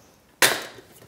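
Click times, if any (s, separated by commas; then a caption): none. On a projection screen tripod, the plastic piece is lifted and the legs are kicked so the leg brace locks into the tripod's center column. After near silence, a sudden sharp, bright knock hits at about 0.4 s and fades over roughly half a second. The brace is handled but nothing has seated or clicked into place yet.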